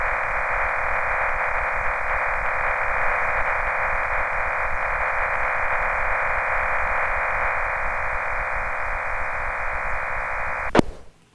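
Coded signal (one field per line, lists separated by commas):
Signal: MT63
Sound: steady wideband rushing hiss-like data tone lasting about 11 seconds, ending with a click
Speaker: now let's watch the reception of an IC 2113 form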